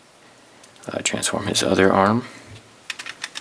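While a custom plastic brick-built robot figure is being transformed, a plastic brick part, likely its other arm, is handled and pushed toward its place. Someone talks from about 0.9 to 2.2 s, then a quick run of small, sharp plastic ticks follows from about 2.9 to 3.4 s. Nothing has seated or clicked into place yet.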